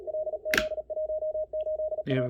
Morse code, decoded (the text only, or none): LZ18A